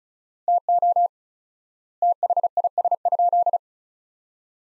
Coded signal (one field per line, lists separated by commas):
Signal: Morse code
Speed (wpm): 36 wpm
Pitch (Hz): 700 Hz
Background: none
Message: TO THIS?